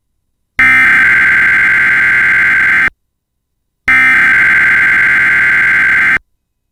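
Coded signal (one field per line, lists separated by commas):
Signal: Emergency Alert System (SAME) tones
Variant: header bursts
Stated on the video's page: AMBER Alert issued by state police for a child inside a stolen vehicle.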